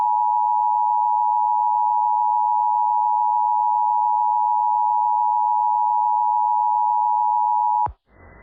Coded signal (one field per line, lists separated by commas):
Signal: Emergency Alert System (SAME) tones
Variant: 853 and 960 Hz attention tone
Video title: The Great South Blizzard- EAS Scenario (REMAKE)